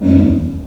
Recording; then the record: squeal of a Yucatan mini pig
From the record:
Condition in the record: after surgery on the right vocal fold (resection and tissue-engineered implant); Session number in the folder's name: 5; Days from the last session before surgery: 33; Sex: female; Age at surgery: 19 weeks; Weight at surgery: 25 kg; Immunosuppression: prednisolone